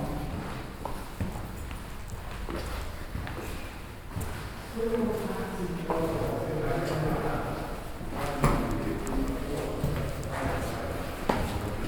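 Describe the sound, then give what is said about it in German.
Footsteps climb a staircase in the Amtshaus Pelkum in a steady series of hollow knocks and scuffs, with indistinct voices murmuring underneath partway through. “Ich glaube, wir gehen mal die Treppe hoch.”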